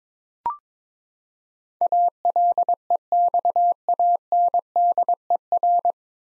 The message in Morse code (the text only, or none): ALEXANDER